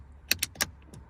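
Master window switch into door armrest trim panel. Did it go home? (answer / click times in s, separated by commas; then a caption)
yes / 0.3 s, 0.4 s, 0.6 s. A plastic master window switch assembly from a 2012–2019 Nissan Rogue SV is pushed back onto its four retaining tabs in the door armrest trim panel. Sharp plastic clicks sound at 0.3, 0.4 and 0.6 seconds, followed by fainter ticks near 0.8 and 0.9 seconds. All four clips snap home and the switch is seated.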